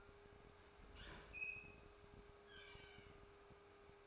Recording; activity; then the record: daily activity, microphone in the room; open fridge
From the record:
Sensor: 2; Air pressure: 1004.5 hPa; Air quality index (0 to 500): 185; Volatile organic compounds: 10 ppm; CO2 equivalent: 2218 ppm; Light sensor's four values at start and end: 4/11/4/4 and 4/11/4/4